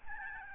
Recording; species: mosquito wingbeat signal from an infrared sensor; Aedes albopictus